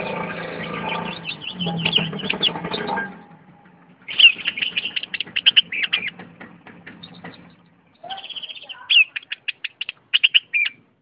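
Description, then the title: Oriental magpie-robin song with harsh scratchy chatter, then quick bursts of sharp high notes and clipped whistles separated by brief gaps. "Kicau Kacer"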